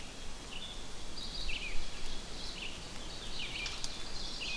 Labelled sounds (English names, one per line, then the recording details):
Red-eyed Vireo song
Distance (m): 55 m
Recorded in boreal forest in Alberta, Canada, on 6 June 2016 at 08:35
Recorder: SongMeter 3, array SBT-3-51
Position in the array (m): 145 m, 78 m